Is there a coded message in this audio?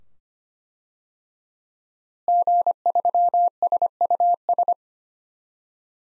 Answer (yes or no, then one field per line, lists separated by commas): yes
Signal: Morse code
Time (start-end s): 2.3-4.7 s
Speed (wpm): 25 wpm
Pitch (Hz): 700 Hz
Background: none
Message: G3SUS